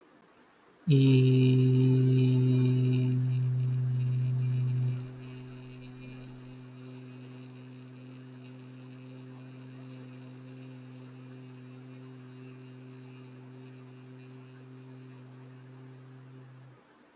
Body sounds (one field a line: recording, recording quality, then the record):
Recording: sustained vowel as in beet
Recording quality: moderate, slight background noise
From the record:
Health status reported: healthy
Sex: male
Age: 25 years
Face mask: not worn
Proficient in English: yes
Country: India